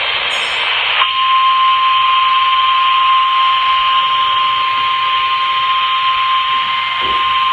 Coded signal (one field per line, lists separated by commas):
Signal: Emergency Alert System (SAME) tones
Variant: 1050 Hz attention tone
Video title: TOO MANY FLOODS! (EAS 94-101)